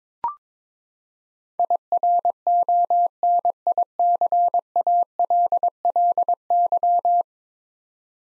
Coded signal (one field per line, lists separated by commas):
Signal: Morse code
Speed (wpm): 21 wpm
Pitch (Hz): 700 Hz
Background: none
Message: IRONICALLY